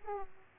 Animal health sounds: mosquito wingbeat signal from an infrared sensor; Aedes aegypti

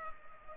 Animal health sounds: mosquito wingbeat signal from an infrared sensor; Culex pipiens

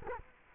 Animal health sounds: mosquito wingbeat signal from an infrared sensor; Culex quinquefasciatus

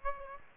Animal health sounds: mosquito wingbeat signal from an infrared sensor; Aedes aegypti

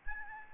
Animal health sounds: mosquito wingbeat signal from an infrared sensor; Aedes albopictus

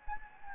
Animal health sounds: mosquito wingbeat signal from an infrared sensor; Anopheles gambiae

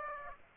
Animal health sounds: mosquito wingbeat signal from an infrared sensor; Aedes aegypti

